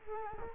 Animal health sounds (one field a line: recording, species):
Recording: mosquito wingbeat signal from an infrared sensor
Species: Culex quinquefasciatus